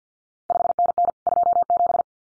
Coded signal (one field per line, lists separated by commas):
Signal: Morse code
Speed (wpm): 50 wpm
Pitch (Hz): 700 Hz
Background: none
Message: 5NN 27